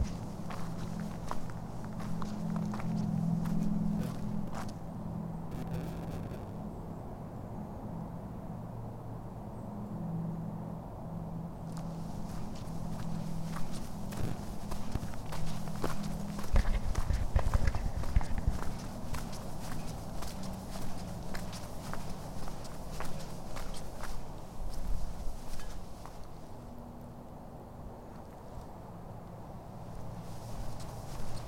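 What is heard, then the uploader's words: A walk through Withlacoochee State Forest: steady footsteps crunch over a low rumbling background, with a brief louder thump around seventeen seconds. Soundwalking - Withlacoochee State Forest.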